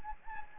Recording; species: mosquito wingbeat signal from an infrared sensor; Anopheles gambiae